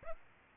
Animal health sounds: mosquito wingbeat signal from an infrared sensor; Aedes aegypti

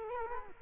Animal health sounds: mosquito wingbeat signal from an infrared sensor; Culex quinquefasciatus

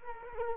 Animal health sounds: mosquito wingbeat signal from an infrared sensor; Culex quinquefasciatus

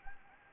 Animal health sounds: mosquito wingbeat signal from an infrared sensor; Anopheles gambiae

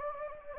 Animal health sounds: mosquito wingbeat signal from an infrared sensor; Anopheles gambiae

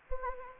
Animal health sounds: mosquito wingbeat signal from an infrared sensor; Anopheles gambiae

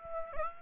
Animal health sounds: mosquito wingbeat signal from an infrared sensor; Aedes aegypti

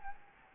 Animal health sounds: mosquito wingbeat signal from an infrared sensor; Anopheles gambiae

